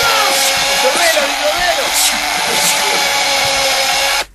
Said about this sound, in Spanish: Dame el taladro, matalo con el taladro.